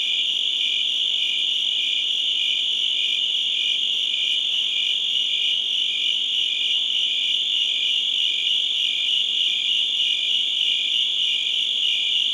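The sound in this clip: Crickets in a thick, constant chorus, with a lower voice pulsing throughout the steady drone.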